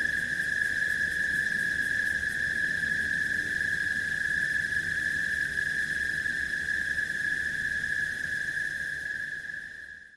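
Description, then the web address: Cicada droning in one continuous high tone, holding steady, then fading away in the final second. "цикады"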